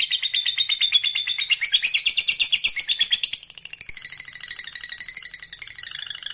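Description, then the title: Lovebird giving a long, dense, high-pitched chattering trill of rapid pulses, shifting to a slightly lower, more varied warbling run after about three seconds. Fighter-type lovebird giving a long ngekek (ngekek panjang). "Suara Lovebird FIGHTER NGEKEK PANJANG"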